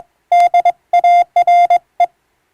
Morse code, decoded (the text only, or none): DARE